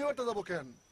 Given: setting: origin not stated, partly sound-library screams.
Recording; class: one-second piece from a danger detection set; normal situation